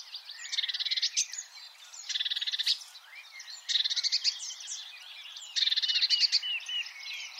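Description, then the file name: Marsh warbler song in bursts of dense chattering trills with twittered notes between, each burst lasting about a second and followed by softer warbling. "suara-kicauan-burung-marsh-warbler -omkicau"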